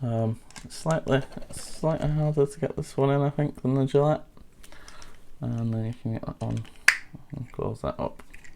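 Someone talks while a blade is put into a plastic razor blade storage case and the case's plastic lid is being closed. Brief handling taps sound around 4.6 to 5.0 s and again near 8.4 s. Nothing has clicked or seated yet: the lid has not snapped shut by the end of the clip.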